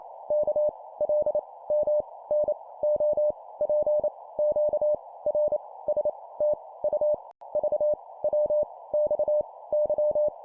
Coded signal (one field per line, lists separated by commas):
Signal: Morse code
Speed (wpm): 28 wpm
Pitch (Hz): 600 Hz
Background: none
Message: K L M N O P Q R S T U V W X Y